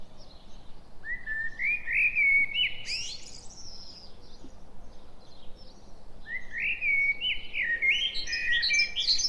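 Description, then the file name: Common blackbird sings two clear phrases about five seconds apart, each a mellow whistled warble climbing into high twittering notes. "Turdus merula"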